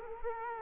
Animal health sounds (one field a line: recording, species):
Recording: mosquito wingbeat signal from an infrared sensor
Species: Culex quinquefasciatus